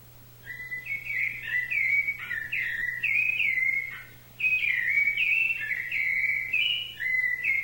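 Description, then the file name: Thrush song of warbled, clear whistles in two long bursts separated by a short silence, the phrases looping up and down, with a constant low hum. "SABIA"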